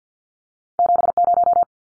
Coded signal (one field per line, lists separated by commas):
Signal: Morse code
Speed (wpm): 50 wpm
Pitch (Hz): 700 Hz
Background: none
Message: 70